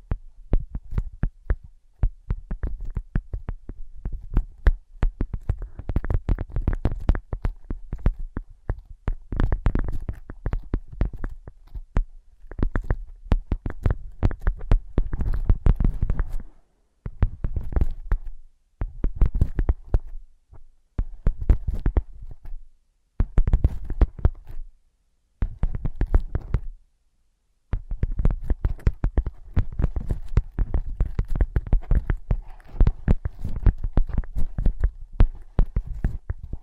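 Tapping, scratching and tracing on ear pads, a dense stream of soft muffled taps and brushing strokes with a deep thumping low end. The rhythm runs fast and uneven, broken by short silent gaps after about 16 seconds, then continues thickly to the end.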